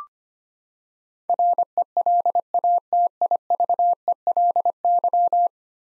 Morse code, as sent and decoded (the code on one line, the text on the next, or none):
.-. . .-.. .- - .. ...- . .-.. -.--
RELATIVELY